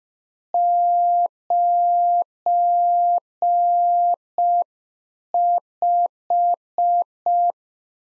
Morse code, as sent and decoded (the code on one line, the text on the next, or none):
----. .....
95